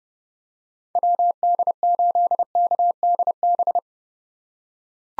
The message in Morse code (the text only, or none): WD8KDB